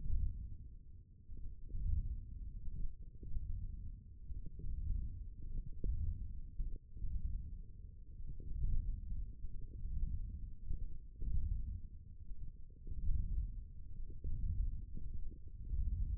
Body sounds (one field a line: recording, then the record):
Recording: forearm muscle sounds (acoustic myography)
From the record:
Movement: hand opening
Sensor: system 1, eight BSWA MPA416 microphones around the upper forearm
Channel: 1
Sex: male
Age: 18 years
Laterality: right